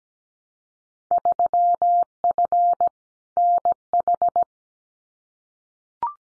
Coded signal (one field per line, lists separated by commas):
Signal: Morse code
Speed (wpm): 17 wpm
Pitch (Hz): 700 Hz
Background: none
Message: 3F NH